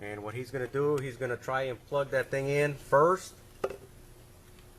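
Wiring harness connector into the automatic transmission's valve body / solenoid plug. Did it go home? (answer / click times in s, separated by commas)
yes / 3.6 s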